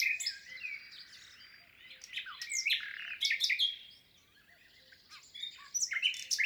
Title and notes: LE TÉNOR DES LISIÈRES. 22 avril 2020-Lesches en diois. chant du Rossignol Philomène (Luscinia megarhynchos)